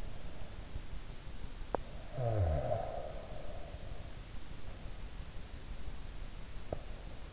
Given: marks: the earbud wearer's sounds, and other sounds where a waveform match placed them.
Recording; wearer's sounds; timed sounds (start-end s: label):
sounds in sleep by an in-ear microphone; snoring breath
1.79-4.01 s: snoring breath